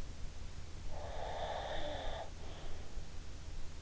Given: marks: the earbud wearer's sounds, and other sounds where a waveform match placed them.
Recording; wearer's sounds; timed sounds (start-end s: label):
sounds in sleep by an in-ear microphone; breath
0.94-3.00 s: breath